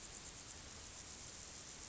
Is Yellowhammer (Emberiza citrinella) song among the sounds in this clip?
no